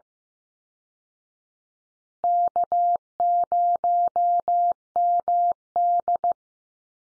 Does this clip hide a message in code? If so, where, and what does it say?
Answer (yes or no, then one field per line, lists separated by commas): yes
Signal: Morse code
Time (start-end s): 2.2-6.3 s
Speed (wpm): 15 wpm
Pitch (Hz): 700 Hz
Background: none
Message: K0MD